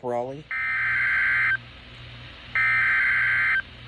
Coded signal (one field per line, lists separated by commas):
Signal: Emergency Alert System (SAME) tones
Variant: header bursts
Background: speech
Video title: An SVR Filled Weekend || EAS Alerts from May 21-22, 2022 || EAS 169-179